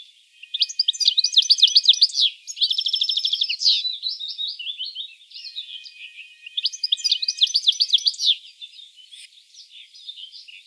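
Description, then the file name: European goldfinch song of rapid, sweet twitters interrupted by a buzzy trill, then softer warbling and a second lively twittering burst. "Carduelis carduelis"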